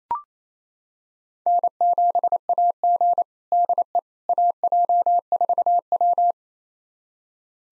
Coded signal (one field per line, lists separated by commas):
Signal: Morse code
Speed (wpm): 28 wpm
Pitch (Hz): 700 Hz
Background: none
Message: N7AG DE AJ4W